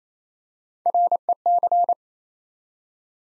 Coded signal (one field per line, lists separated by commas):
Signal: Morse code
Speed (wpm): 29 wpm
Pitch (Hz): 700 Hz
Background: none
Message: REC